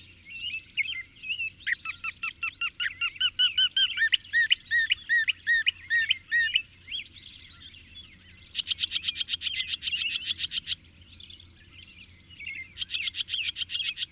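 Bird song, varied warbling of rising and falling notes that gives way to fast, dry, rattling trills in two long bursts, with quieter chirps between them.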